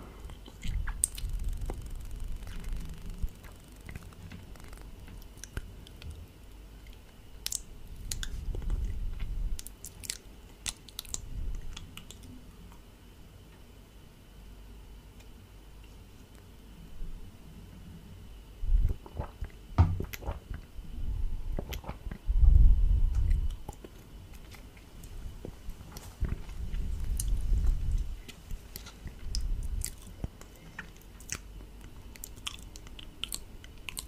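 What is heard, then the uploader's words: Close mouth sounds: wet chewing and biting with small clicks and squishy crunches scattered throughout. Activity comes in bursts, heavier near the start, around nine seconds, and again between twenty and twenty-eight seconds, with a sharp loud thump near twenty-three seconds. ASMR Heavenly Close MOUTH SOUNDS.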